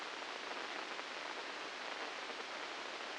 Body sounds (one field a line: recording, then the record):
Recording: brain microelectrode recording played as sound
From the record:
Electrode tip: inside the subthalamic nucleus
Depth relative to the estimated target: -3 mm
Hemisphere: right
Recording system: NeuroSet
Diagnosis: Parkinson's disease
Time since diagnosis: 9 years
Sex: female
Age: 51 years